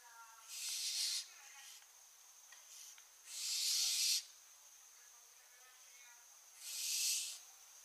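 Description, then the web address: Barn owl hissing screeches, three rough bursts spaced evenly, with soft chittering and clicks between. "Schleiereule - Schleiereule - Tyto alba"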